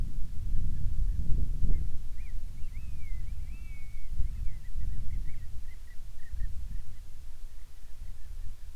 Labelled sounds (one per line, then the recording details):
bird
wind
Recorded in the Arctic National Wildlife Refuge, Alaska, on 10 July 2019 at 18:03
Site 44